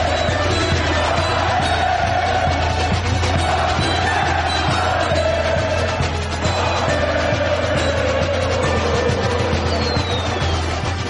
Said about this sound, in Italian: Un cuore rossonero che batte, l'inno cantato dalla torcida e la frase «il migliore con i migliori», il sito del Flamengo ha annunciato così la fine della rincorsa al dentone.